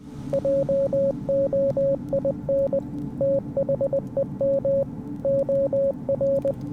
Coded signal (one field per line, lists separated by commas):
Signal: Morse code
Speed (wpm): 20 wpm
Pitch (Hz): 550 Hz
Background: radio noise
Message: JOIN THEM OR